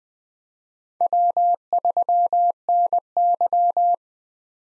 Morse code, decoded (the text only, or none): W3NY